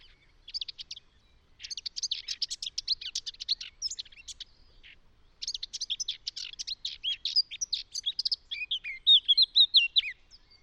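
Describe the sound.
Eurasian Blackcap singing: bursts of hurried, scratchy chattering warble separated by short pauses, the last ending in brighter, whistled fluty notes.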